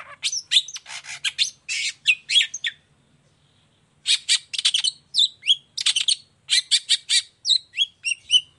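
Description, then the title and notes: Long-tailed shrike song: rapid bursts of harsh, scratchy notes mixed with sharp whistled slurs, broken by a pause of about a second, then resuming in quick varied phrases. Morning, gacor (vigorous full song) with 'toet toet' notes, full variation and a clear voice, said to be very easy for any kind of cendet to imitate. "Cendet Gacor Dor Di Kala Pagi Toet Toet Variasi Suara J. Efektif Cendet Gacor Suara Jernih Full Variasi Sangat Mudah Di Tiru Cendet Jenis Apapun. Burung cendet"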